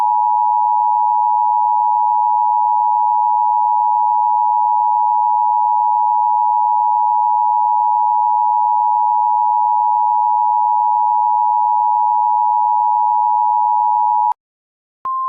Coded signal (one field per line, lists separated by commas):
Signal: Emergency Alert System (SAME) tones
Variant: 853 and 960 Hz attention tone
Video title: EAS Classic: YouTube Channel 2.0 Layouts Warning (Originally from 2009)